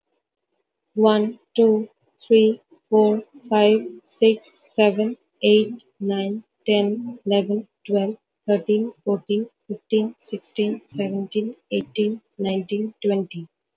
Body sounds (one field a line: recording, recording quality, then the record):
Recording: counting at a normal pace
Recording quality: excellent, no background noise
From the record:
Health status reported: healthy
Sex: female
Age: 28 years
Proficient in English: yes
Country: India